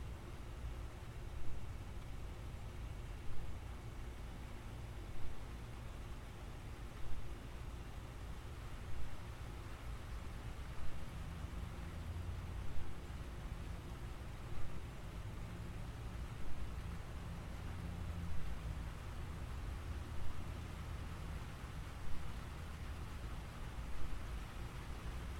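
Gentle rain falls in a steady, dense hiss over a deep, constant rumble. Distinct tapping hits on tin break through about every two seconds, fairly evenly spaced, like drops striking metal. The overall level stays even from start to finish.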